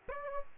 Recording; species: mosquito wingbeat signal from an infrared sensor; Aedes aegypti